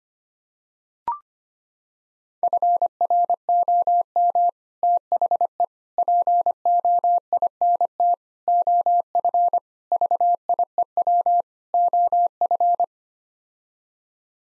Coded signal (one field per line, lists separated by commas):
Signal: Morse code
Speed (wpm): 25 wpm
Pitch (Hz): 700 Hz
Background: none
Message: FROM THE POINT OF VIEW OF